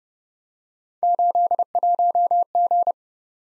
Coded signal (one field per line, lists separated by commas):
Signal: Morse code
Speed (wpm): 30 wpm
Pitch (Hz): 700 Hz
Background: none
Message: 81G